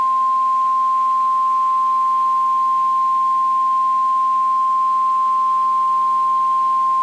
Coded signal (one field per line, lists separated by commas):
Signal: Emergency Alert System (SAME) tones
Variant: 1050 Hz attention tone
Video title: The First FREEZE of the Season | 4/2-8/2026 (EAS #1,898-1,903)